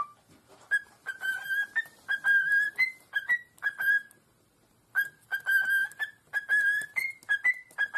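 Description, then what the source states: Cockatiel whistling a repeated phrase of level and rising whistles near one pitch, in bursts with short pauses between them. Several cockatiels singing and whistling.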